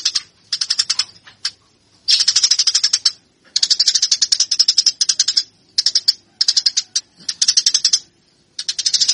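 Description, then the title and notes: Eurasian tree sparrow song, stuttering bursts of dry, fast chirps, some short and some longer, with gaps between. Fighting-style (tarung) song. "MASTER GEREJA TARUNG 1. burung gereja"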